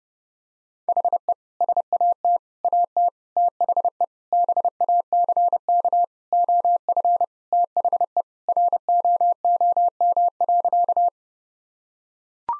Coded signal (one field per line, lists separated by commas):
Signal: Morse code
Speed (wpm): 30 wpm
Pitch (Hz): 700 Hz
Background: none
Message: HE SAT AT THE BACK OF THE ROOM.